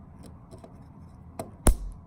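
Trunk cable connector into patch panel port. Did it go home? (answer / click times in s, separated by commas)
yes / 1.7 s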